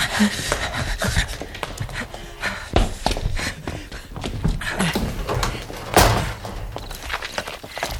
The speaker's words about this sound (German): Ich meine das Geräusch, das ich gerade gehört habe. Hinter dieser Wand hier. Ja? Genau hinter dieser Wand da. Da hat eine Tür gequetscht. Hörst du die Schritte?